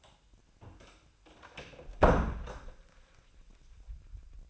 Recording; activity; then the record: daily activity, microphone in the room; close door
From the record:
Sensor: 2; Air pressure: 1009.1 hPa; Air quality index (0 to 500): 186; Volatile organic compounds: 3 ppm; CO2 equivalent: 1347 ppm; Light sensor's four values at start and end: 30/80/34/36 and 30/79/33/35